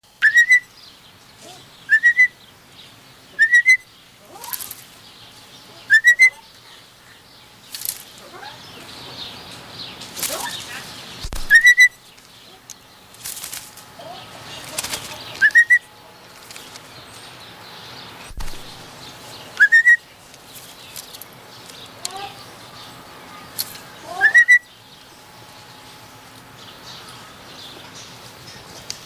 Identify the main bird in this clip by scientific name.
Cyanopica cyanus